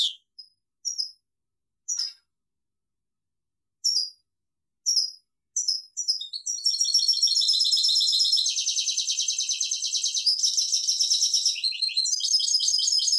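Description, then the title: European goldfinch song: scattered short chirps at first, then an unbroken stream of fast, jangling, liquid twittering lasting about seven seconds. "Chant Chardonneret"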